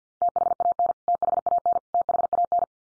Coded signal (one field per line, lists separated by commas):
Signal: Morse code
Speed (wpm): 50 wpm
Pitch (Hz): 700 Hz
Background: none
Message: THAN THAN THAN